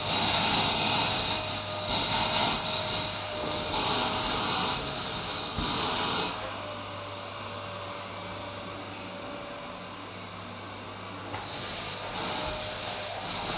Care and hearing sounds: daily activity, microphone in the room; vacuum cleaning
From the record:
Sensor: 2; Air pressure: 990.9 hPa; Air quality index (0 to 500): 135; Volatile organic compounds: 177 ppm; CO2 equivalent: 4132 ppm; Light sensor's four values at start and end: 12/29/12/13 and 20/48/19/19

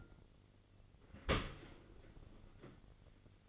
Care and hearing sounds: daily activity, microphone in the room; open dishwasher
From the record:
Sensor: 4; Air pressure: 1003.9 hPa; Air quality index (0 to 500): 153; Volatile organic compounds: 2 ppm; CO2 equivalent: 1090 ppm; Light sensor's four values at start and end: 21/50/21/22 and 22/53/22/23

